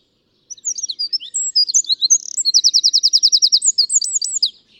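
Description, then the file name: Eurasian wren delivering a loud, shrill song of quick varied chirps that breaks into a steady rapid trill and ends with a few looping notes. "Troglodytes troglodytes"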